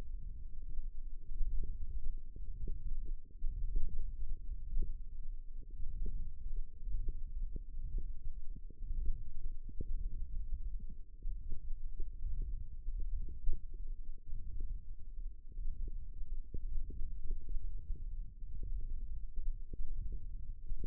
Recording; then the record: forearm muscle sounds (acoustic myography)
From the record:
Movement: wrist flexion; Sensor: system 1, eight BSWA MPA416 microphones around the upper forearm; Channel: 8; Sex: female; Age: 21 years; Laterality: right